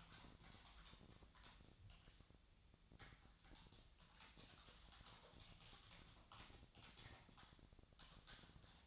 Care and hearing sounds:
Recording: daily activity, microphone in the room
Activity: typing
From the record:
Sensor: 3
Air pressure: 999.2 hPa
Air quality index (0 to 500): 206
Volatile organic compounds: 55 ppm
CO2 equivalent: 3362 ppm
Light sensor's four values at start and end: 8/20/7/8 and 8/19/7/8

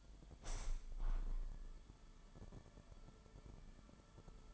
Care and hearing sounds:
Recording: daily activity, microphone in the room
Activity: open window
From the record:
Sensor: 5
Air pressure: 998.6 hPa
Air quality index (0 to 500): 102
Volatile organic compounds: 2 ppm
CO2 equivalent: 1180 ppm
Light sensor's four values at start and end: 34/84/34/39 and 34/84/34/39

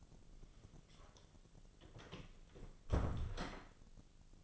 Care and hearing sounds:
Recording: daily activity, microphone in the room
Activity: close door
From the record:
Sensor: 4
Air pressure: 1001.3 hPa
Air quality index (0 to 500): 183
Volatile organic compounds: 2 ppm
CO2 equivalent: 1310 ppm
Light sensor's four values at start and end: 14/32/13/13 and 16/37/15/16

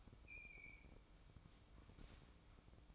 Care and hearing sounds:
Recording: daily activity, microphone in the room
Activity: open fridge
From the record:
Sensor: 1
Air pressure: 1007.9 hPa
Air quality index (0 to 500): 105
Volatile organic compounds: 1 ppm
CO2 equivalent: 896 ppm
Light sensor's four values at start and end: 12/30/12/14 and 12/29/12/14

